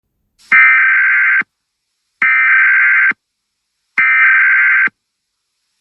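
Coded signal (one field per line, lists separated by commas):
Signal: Emergency Alert System (SAME) tones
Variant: header bursts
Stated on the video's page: Mock winter storm warning alert, not a real broadcast.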